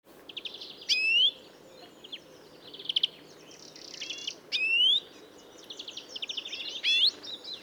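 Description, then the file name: European greenfinch calls: rising whistled notes roughly every two seconds, mixed with short chirps and buzzy twittering, over a soft background hiss. "Chloris chloris"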